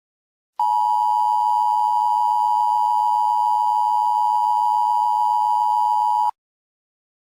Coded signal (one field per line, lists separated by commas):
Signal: Emergency Alert System (SAME) tones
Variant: 853 and 960 Hz attention tone